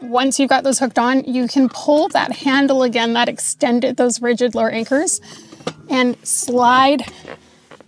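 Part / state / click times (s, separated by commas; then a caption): car seat sliding along its rigid lower anchor arms / not seated / none. Someone talks through most of the clip while a 2024 Clek Foonf car seat is handled: its rigid lower anchors are hooked on, and the handle that extends them is pulled so the seat can slide back along the anchor arms toward the vehicle seat. The clip ends just before the seat goes home, so nothing has seated or clicked into position yet; only a brief faint sound is heard at 7.8 seconds as the speech fades.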